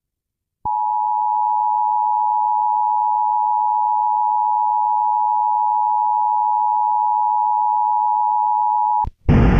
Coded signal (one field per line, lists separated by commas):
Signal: Emergency Alert System (SAME) tones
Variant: 853 and 960 Hz attention tone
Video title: EAS Required Monthly Test on WXBK Newark, NJ (11/16/21)